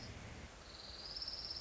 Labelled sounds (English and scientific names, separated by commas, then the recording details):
Orange-crowned Warbler (Leiothlypis celata)
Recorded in Sonoma County, California